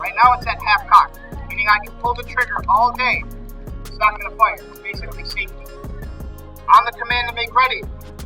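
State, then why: Not seated. A flintlock musket's hammer and sear in the lock sit at half cock while a man talks over background music. Someone is handling the musket, but the hammer has not yet clicked into full cock and nothing has seated.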